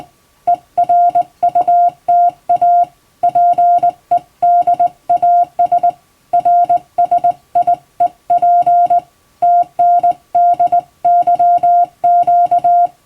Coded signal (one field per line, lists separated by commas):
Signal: Morse code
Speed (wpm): 20 wpm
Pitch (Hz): 700 Hz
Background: music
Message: ERUTA PEDAS RSIEP TNDYQ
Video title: 退職後の趣味に最高！手打ちで綺麗に打てるとカッコイイかも！昔やってたアマチュア無線を再開しよう！脳トレにもなります！欧文モールスを電報形式で打ってみました！(morse code practice)